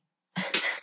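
A single abrupt burst lasting about half a second: a brief low voiced catch, then a loud, hissing explosive release that fades out. One sneeze from an adult, with no other background sound.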